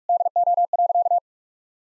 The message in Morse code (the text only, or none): DO.